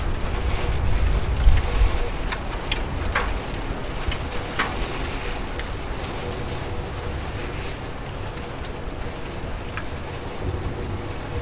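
Rain falls against a window at a desk, a steady wash of soft hiss over a low rumble. Brief taps and ticks from drops land irregularly throughout, a little busier in the first few seconds, while the overall level stays even.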